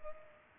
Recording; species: mosquito wingbeat signal from an infrared sensor; Culex pipiens